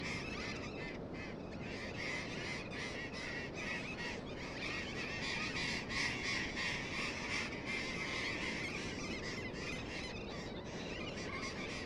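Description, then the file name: Burrowing parrots giving a dense run of scratchy, grating calls, roughly three per second, overlapping one another above a continuous low rumble. Several birds. "tomas miguel - loros barranqueros"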